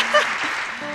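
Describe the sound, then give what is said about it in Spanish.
An audience applauds after a song, a dense wash of overlapping claps holding an even, fairly loud level for the whole second, with faint voice-like tones poking through the clapping. “¡Aplaudiendo! ¡Me emociona!”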